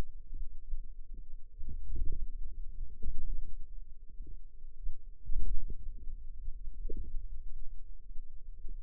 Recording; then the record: forearm muscle sounds (acoustic myography)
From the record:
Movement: ulnar deviation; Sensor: system 2, bracelet of six BSWA MPA416 microphones around the upper forearm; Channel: 2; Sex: female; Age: 21 years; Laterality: right